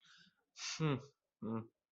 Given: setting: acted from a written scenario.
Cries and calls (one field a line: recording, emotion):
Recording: vocal sound without words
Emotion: disappointment